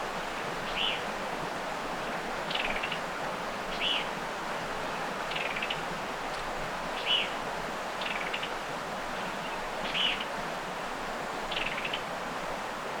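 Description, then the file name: Summer tanager calling: short, clipped notes repeated every second or two, faint beneath a steady loud rushing noise. "Piranga rubra"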